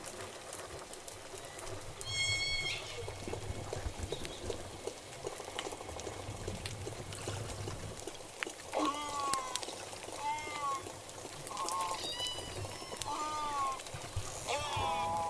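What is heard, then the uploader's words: Killer whales call underwater in bright, repeated squeals and whistles, most often after eight seconds, over steady low boat rumble and scattered clicks. Acoustic inference as J pod departs Puget Sound & heads to Canada. Southern Resident Killer Whales into Puget Sound this fall.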